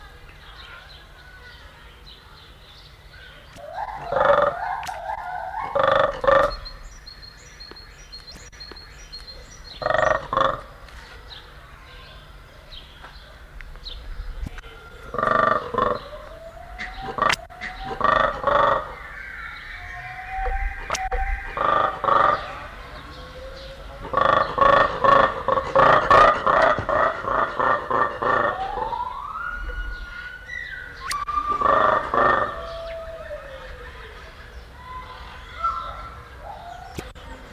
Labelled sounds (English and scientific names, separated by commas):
Mantled Guereza (Colobus guereza) call